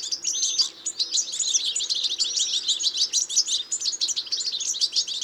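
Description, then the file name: European goldfinch calls: busy, liquid twitter of quick high chips and trills running without pause. "Carduelis carduelis"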